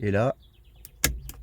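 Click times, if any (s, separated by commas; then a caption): 1.0 s. Someone talks briefly, then a cruise control stalk being installed on a 28-year-old BMW E36 diesel, slid into the small rail under the wiper stalk, is pushed onto the steering column switch housing. A faint tick at 0.9 s is followed by a sharp, loud click at 1.0 s and another faint tick at 1.3 s. The stalk clips onto the steering column housing and is fixed in place.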